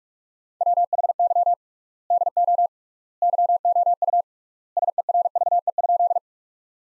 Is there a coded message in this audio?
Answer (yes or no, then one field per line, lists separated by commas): yes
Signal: Morse code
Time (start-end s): 0.6-6.2 s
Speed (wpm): 47 wpm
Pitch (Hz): 700 Hz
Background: none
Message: WHY DO YOU SERVE?